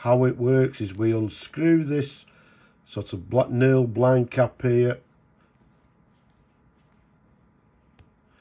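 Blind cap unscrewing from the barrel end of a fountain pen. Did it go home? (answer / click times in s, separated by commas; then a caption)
released / 8.0 s. Someone talks for about five seconds, then there is quiet handling as the blind cap at the barrel end of a Sheaffer Snorkel Statesman fountain pen is unscrewed. A faint tick comes at 6.3 s, and a small, sharp click at 8.0 s marks the cap releasing so the filling plunger can be pulled out.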